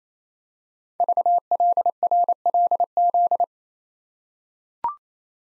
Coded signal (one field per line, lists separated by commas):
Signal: Morse code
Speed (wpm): 27 wpm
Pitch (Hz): 700 Hz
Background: none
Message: VLRLZ